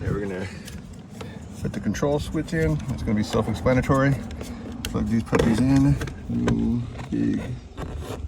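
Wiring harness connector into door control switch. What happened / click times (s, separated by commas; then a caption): A wiring connector is handled near a switch but not yet seated / none. Wiring harness connectors are being pushed into the back of a door control switch on a 2010 Ford E150 Econoline during door panel work. Someone talks throughout, with brief faint handling ticks near 0.9 and 1.2 seconds. Nothing has seated or clicked yet.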